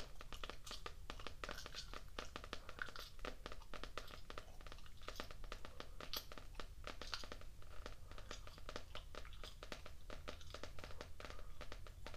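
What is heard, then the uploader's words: Gum chewing with dense, crackly wet clicks and crinkles throughout, quick irregular taps over a steady low hum. ASMR Gum Chewing and Tapping.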